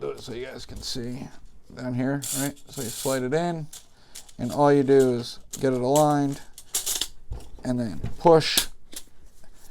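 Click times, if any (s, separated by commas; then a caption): none. A rifle component is slid into the receiver and aligned during reassembly after cleaning, ready to be pushed home, while someone talks. Brief handling scrapes and rubs are heard. Nothing has seated or clicked yet.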